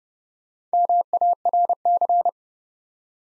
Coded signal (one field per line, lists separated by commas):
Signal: Morse code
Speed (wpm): 30 wpm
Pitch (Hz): 700 Hz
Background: none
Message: MARC